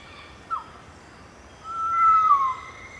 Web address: Natures Songs S America Eastern Lowlands Pharomachrus pavoninus, song